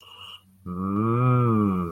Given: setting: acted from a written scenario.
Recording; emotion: vocal sound without words; desire